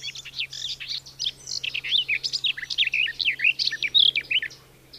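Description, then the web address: Garden warbler song: a sustained, hurried warble of throaty and sweet notes, even in pace, filling the whole five seconds before fading at the close. "Madardalok Kerti poszáta"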